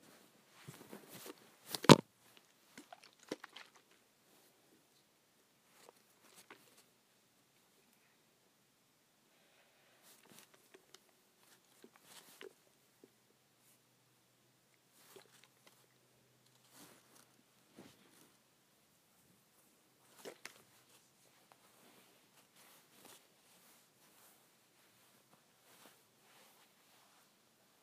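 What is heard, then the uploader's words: A hair spray bottle is handled and shaken, with a cluster of clicks and rattles in the first four seconds and one sharp, loud knock near two seconds. After that, only scattered faint taps and clicks follow, with a soft low hum midway. ASMR Shaking Hair Spray Bottle.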